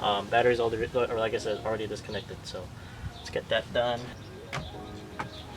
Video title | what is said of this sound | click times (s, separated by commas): FINALLY GOT IT - VERTEX STEERING WHEEL INSTALL | Right, you'll hear like a little click. | 5.2 s